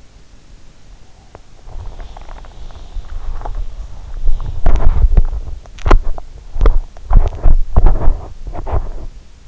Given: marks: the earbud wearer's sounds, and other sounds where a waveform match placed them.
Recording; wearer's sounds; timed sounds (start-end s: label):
sounds in sleep by an in-ear microphone; body movement, teeth grinding
1.26-9.17 s: body movement
5.75-9.48 s: teeth grinding